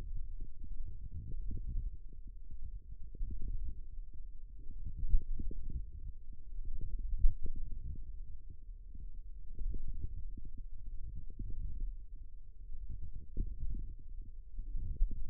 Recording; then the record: forearm muscle sounds (acoustic myography)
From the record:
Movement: wrist extension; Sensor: system 1, eight BSWA MPA416 microphones around the upper forearm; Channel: 3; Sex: female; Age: 21 years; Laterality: right